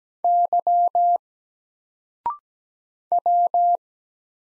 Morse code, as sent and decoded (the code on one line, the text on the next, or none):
-.-- / .--
Y W